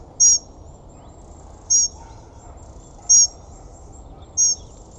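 Bird giving brief high-pitched chirps, four in five seconds, each a sharp ringing note with a thin trailing tone.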